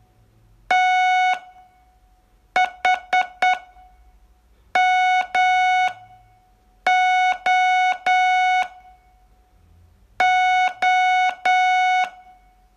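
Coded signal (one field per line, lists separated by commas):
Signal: Morse code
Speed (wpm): 9 wpm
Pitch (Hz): 740 Hz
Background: none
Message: THMO O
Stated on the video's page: Morse code training lesson, day 6 of a 42-day course.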